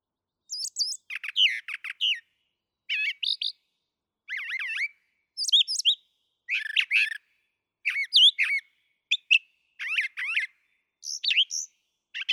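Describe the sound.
Brown thrasher singing varied, harsh and whistled phrases in quick succession with short gaps; no other sounds.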